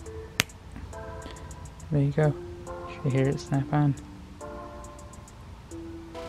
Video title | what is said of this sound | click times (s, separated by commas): 6.0 Powerstroke F250 IPR Screen Install DIY Oil System Leak Pressure Test | a decent amount of force push from the edges and snap it there | 0.4 s